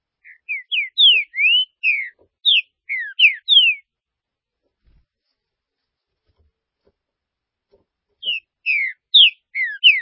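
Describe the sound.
Green-winged saltator singing a rapid phrase of sweet, slurred whistles, pausing several seconds before starting the next phrase.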